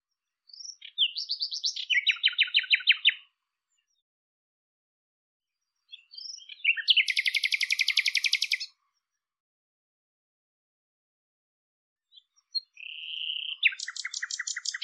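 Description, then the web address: Bird song in three bursts separated by pauses, each starting with short chirps and running into a long, fast, buzzy trill. "cianscape birddata Deverinetal 2025"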